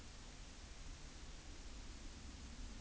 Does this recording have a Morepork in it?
no